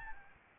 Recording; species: mosquito wingbeat signal from an infrared sensor; Aedes albopictus